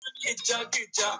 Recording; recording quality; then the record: sustained vowel as in made; poor, much background noise or distortion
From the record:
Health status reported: COVID-19 positive, mild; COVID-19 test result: positive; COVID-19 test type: RT-PCR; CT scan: not taken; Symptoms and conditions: asthma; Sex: male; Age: 23 years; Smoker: no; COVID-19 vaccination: one dose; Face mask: not worn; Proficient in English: yes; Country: India